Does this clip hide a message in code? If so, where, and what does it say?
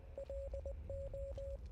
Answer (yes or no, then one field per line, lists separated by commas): yes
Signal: Morse code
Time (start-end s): 0.2-1.6 s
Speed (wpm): 20 wpm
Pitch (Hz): 550 Hz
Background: none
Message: LO